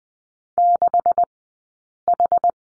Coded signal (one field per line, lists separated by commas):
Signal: Morse code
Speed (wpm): 20 wpm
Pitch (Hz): 700 Hz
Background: none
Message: 6H